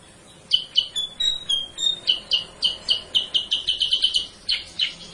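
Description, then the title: Sooty-headed bulbul song: a couple of chirps and a few drawn whistles, then a run of bright chirped notes that quickens before two final notes. Masteran lure song (pancingan) used to teach song to cage birds. "Masteran Kutilang Sutra. suara pancingan kutilang sutra"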